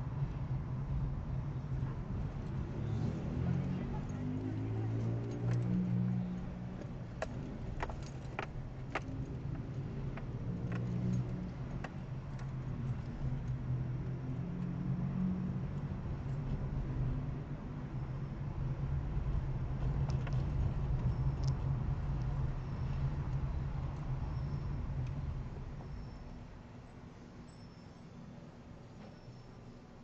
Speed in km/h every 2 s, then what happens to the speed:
24, 18, 7, 7, 16, 18, 19, 20, 21, 22, 22, 22, 19, 4, 0.
0-4 brakes to 7. 6-11 speeds up to 19. 11-22 steady at about 21. 22-27 brakes to 0. 27-30 standing.